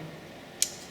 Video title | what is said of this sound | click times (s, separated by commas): How to Use Brake Caliper Rewind Tool Kit - ALL MAKES & MODELS | and that just snaps into place like so | 0.6 s